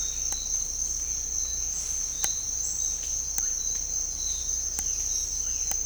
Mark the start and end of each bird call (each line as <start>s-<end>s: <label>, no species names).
3.42s-3.52s: bird call
4.79s-5.01s: bird call
5.38s-5.64s: bird call